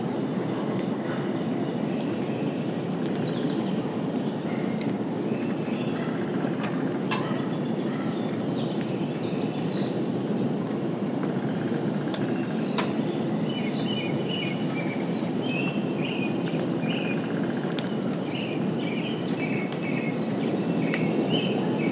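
Songbirds call throughout, short chirps and rising and falling whistles scattered over a steady, dense low rumble of rain and thunder that never lets up. Bird calls cluster more busily in the middle and later stretches, with a few sharp clicks here and there.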